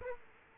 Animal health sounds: mosquito wingbeat signal from an infrared sensor; Aedes aegypti

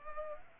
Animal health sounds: mosquito wingbeat signal from an infrared sensor; Culex pipiens

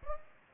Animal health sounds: mosquito wingbeat signal from an infrared sensor; Aedes aegypti

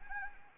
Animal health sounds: mosquito wingbeat signal from an infrared sensor; Anopheles gambiae

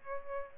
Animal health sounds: mosquito wingbeat signal from an infrared sensor; Aedes albopictus

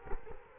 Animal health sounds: mosquito wingbeat signal from an infrared sensor; Culex quinquefasciatus

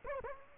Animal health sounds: mosquito wingbeat signal from an infrared sensor; Culex quinquefasciatus

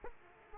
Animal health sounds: mosquito wingbeat signal from an infrared sensor; Aedes aegypti

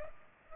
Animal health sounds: mosquito wingbeat signal from an infrared sensor; Culex pipiens

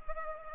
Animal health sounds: mosquito wingbeat signal from an infrared sensor; Culex pipiens

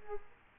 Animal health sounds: mosquito wingbeat signal from an infrared sensor; Culex quinquefasciatus

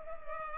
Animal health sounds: mosquito wingbeat signal from an infrared sensor; Culex pipiens

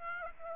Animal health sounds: mosquito wingbeat signal from an infrared sensor; Aedes aegypti

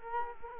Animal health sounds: mosquito wingbeat signal from an infrared sensor; Culex quinquefasciatus

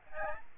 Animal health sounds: mosquito wingbeat signal from an infrared sensor; Aedes albopictus

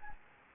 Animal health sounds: mosquito wingbeat signal from an infrared sensor; Anopheles gambiae

